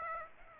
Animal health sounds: mosquito wingbeat signal from an infrared sensor; Aedes aegypti

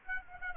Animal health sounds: mosquito wingbeat signal from an infrared sensor; Aedes aegypti

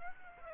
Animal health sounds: mosquito wingbeat signal from an infrared sensor; Aedes aegypti

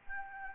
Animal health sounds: mosquito wingbeat signal from an infrared sensor; Anopheles gambiae

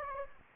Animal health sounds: mosquito wingbeat signal from an infrared sensor; Anopheles gambiae

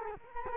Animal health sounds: mosquito wingbeat signal from an infrared sensor; Culex quinquefasciatus

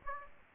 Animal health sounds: mosquito wingbeat signal from an infrared sensor; Aedes aegypti

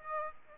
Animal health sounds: mosquito wingbeat signal from an infrared sensor; Aedes aegypti

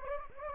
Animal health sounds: mosquito wingbeat signal from an infrared sensor; Anopheles gambiae

